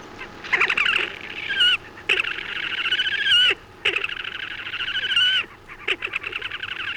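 Slavonian grebe song of long, rapid, quavering trills, each lasting from half a second to one and a half seconds, wavering in pitch and separated by brief gaps, with a few clicks between.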